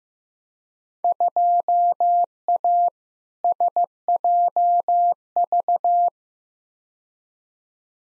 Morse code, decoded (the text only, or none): 2A SJV